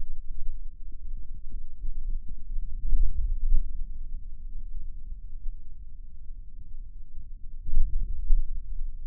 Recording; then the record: forearm muscle sounds (acoustic myography)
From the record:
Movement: hand opening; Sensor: system 2, bracelet of six BSWA MPA416 microphones around the upper forearm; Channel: 4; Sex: male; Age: 22 years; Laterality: right